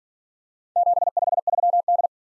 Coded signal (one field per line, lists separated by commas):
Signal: Morse code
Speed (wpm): 47 wpm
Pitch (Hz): 700 Hz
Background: none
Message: 753D